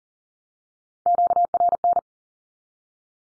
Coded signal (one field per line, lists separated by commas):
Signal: Morse code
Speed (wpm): 40 wpm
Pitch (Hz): 700 Hz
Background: none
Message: QRN